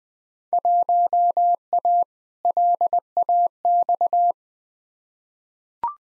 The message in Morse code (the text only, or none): 1A LAX